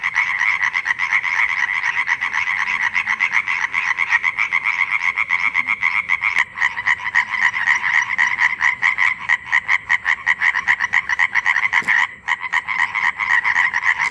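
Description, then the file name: European tree frog giving rapid croaks, several a second, in a continuous rattling series throughout. "Hyla arborea"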